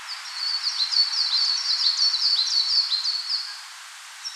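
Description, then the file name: Coal tit singing a continuous run of high, quick two-note phrases for about three seconds over faint background hiss. "Parus ater"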